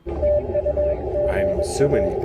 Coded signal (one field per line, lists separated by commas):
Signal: Morse code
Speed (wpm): 20 wpm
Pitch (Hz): 600 Hz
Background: speech, radio noise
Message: TU GA